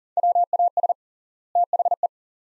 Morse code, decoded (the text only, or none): WAS THE